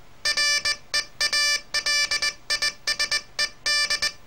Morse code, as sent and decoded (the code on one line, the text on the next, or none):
.-. . .- .-.. .. ... . -..
REALISED